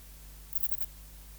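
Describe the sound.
Ephippiger cunii bush-cricket: a short burst of three or four hissing pulses, high-pitched and rasping, over continuous low hum.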